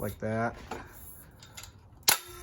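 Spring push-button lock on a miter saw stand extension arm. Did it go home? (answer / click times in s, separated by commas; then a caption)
yes / 2.1 s. Someone talks while working the spring push-button lock on the extension arm of a Bauer metal miter saw stand, fiddling with it because the buttons don't always snap in place. The brand-new stand's button snaps into its locking hole with a sharp click at 2.1 seconds, and the latch is seated.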